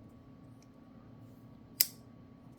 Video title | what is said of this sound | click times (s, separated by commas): More From Kizer! | I like that click | 1.8 s